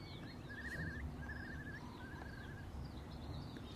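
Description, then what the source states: Eurasian curlew territorial song, faint wavering trilled whistles held steady, with other small birds chirping over a constant low rumble. Distant; a couple of pairs in fields higher up, 500 m to 1 km away, territorial singing; recorded by a stream in open woodland; wind turbines droning behind; not very windy.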